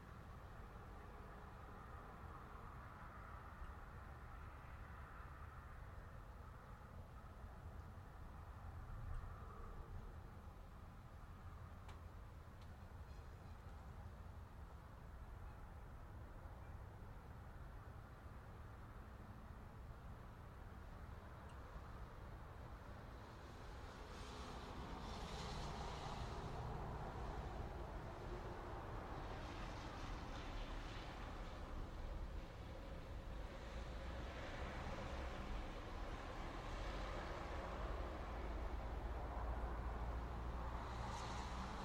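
Wind rushes steadily, a dense low roar with a rumbling undertone throughout. Around the 24-second mark it swells louder and brighter, with gusts surging in irregular waves of hiss through the final stretch.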